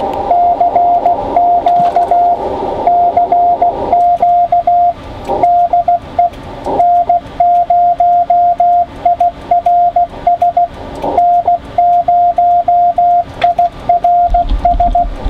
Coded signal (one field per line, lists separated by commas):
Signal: Morse code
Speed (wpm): 16 wpm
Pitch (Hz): 700 Hz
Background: radio noise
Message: CQ CQ DE N0IRS N0IRS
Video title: Tropo Opening 3 September 2012 902 MHz and Above Contacts